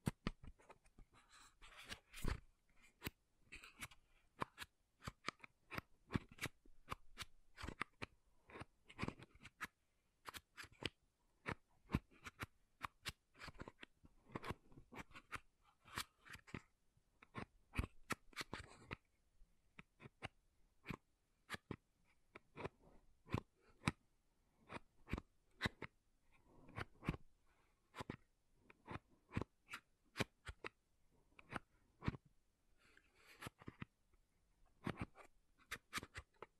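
Tapping and scratching on makeup items, made up of sharp, crisp clicks and taps that arrive in quick, irregular bursts across the whole clip. Between taps come soft scratchy rustles, and brief quiet gaps fall near the end.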